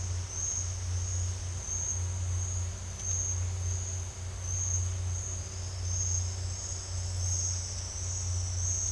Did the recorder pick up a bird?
no